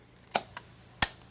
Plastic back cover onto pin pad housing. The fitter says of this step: this will click in